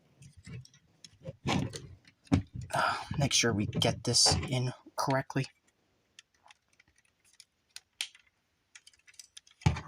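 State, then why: Seated. Someone talks while fitting a plastic part into the body of an Iron Factory IF-EX 34N Alkaid transforming combiner figure (aka IDW Helex in Tarn colors), checking that it goes in correctly. The talk gives way to quiet, scattered plastic handling ticks, then a sharp, distinct click at 8.0 s as the part seats into place.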